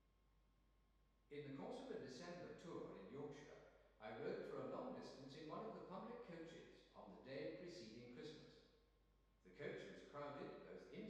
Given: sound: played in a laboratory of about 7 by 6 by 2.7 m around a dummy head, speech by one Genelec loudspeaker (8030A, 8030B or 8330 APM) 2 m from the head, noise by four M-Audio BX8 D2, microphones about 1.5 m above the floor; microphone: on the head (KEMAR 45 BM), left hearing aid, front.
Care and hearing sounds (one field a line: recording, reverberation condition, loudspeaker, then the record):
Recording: male speech in English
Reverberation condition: high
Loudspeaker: 90 degrees to the right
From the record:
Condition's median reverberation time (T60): about 1300 ms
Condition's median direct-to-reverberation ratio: about -4.0 dB